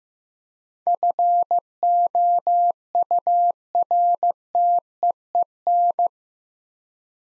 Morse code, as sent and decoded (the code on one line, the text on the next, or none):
..-. --- ..- .-. - . . -.
FOURTEEN